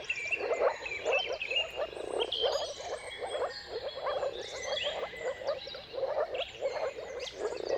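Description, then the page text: Frog chorus of moor frogs, muffled bubbling notes swelling and fading in waves, while several birds sing thin whistles and trills over it. Mating chorus of moor frogs at sunrise, at the turn of March and April depending on the weather; dawn chorus. "Dawn’s Chorus: Mating Calls of Marsh Frogs at Sunrise. Depending on the weather at the turn of March and April, you can witness an amazing spectacle of moor frogs. Jakub-Orzecki moor frogs"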